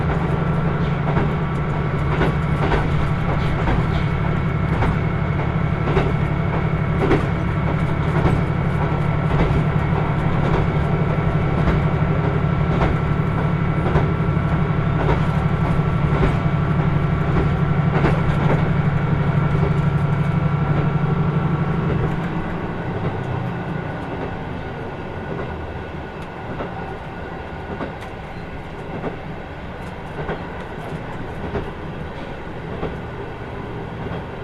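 Aboard the Kyushu Odan limited express on the Hōhi Main Line, a steady low drone of engine and wheels carries a thin whine above it, with frequent rail clicks. Around twenty-two seconds the drone drops away and the ride turns quieter.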